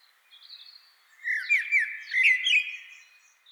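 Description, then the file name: Common blackbird: faint high twitters lead into a loud, tumbling warble with squeaky overtones that fades out. "Turdus merula"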